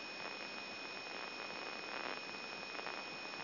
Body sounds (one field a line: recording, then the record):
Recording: brain microelectrode recording played as sound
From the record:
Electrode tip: inside the subthalamic nucleus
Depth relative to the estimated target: 2.5 mm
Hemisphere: right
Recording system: AlphaMap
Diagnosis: Parkinson's disease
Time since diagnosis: 14 years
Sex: male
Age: 66 years